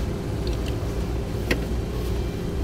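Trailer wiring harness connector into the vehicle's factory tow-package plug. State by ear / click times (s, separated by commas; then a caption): not seated / none. The plastic plug of a T-One trailer wiring harness is handled at the just-uncovered factory tow-package socket on a 2016 Mitsubishi Outlander, over a steady low background hum. Faint handling taps come at about 0.5 and 0.7 seconds, with a sharper tap at 1.5 seconds. Nothing has seated or clicked yet.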